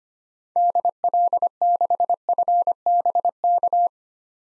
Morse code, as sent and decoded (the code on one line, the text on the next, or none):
-.. .-.. -.... ..-. -... -.-
DL6FBK